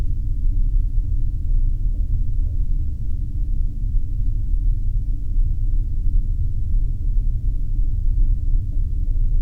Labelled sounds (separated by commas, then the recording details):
flare stack
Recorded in the Arctic National Wildlife Refuge, Alaska, on 3 September 2019 at 11:50
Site 39